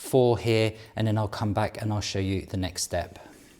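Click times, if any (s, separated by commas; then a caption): none. A caster wheel for a Yaheetech gaming chair with massage lumbar is being handled before it goes into a socket of the chair's star base, where the wheel stems push in by hand and lock into place with no screwing. Someone talks throughout the clip. Nothing has seated or clicked yet.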